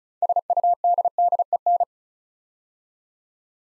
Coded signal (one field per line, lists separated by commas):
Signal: Morse code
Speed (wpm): 36 wpm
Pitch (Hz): 700 Hz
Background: none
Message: SUDDEN